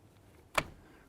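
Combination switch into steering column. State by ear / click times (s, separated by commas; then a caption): seated / 0.6 s. A new combination switch for a 2003-2007 Honda Accord is slid into its slot on the steering column and pressed in. A single sharp click sounds at 0.6 s against quiet background, and the switch is seated.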